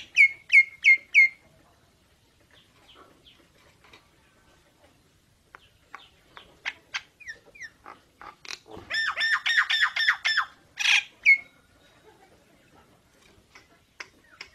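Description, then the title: Nias hill myna song: a few loud ringing notes, quieter scattered calls, then a burst of dense harsh chattering and a loud squawk. Energetic 'gacor' singing with a very loud 'super gledek' voice, used as master material for tutoring songbirds. "Burung Jalak Nias Gacor Suara Super Gledek Untuk Masteran"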